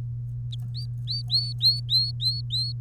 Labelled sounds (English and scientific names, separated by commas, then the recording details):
Domestic Canary (Serinus canaria) song
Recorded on 3 May 2018 at 13:23
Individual llb3